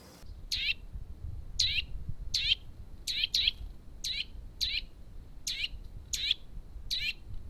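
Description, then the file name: Eurasian nuthatch calls: short, harsh, clipped notes repeated several times at a fairly even pace over low background noise. "canto verso picchio muratore sitta europaea wood Nuthatch kleiber"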